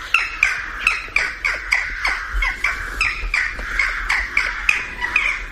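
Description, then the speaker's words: Western jackdaw calls: short, harsh chack notes repeated every fraction of a second in a steady series, with a low background rumble. Jackdaw, described as a small rook; its call is described with the verb 'grajear'. "las grajillas, que es una graja en pequeñito, también grajean."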